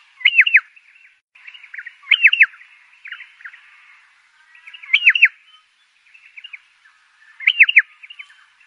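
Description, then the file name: Pardalote singing clipped phrases of rapid falling notes every two to three seconds, separated by quieter twittering. "canto do pardalote"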